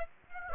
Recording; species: mosquito wingbeat signal from an infrared sensor; Aedes aegypti